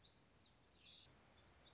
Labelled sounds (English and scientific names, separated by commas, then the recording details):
Black-throated Gray Warbler (Setophaga nigrescens)
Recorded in Sonoma County, California